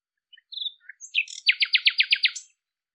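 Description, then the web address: Bird song: brief high whistles and chirps, then a fast, even trill of several buzzy pulses closing with a short high note, on a silent background. "cianscape birddata Deverinetal 2025"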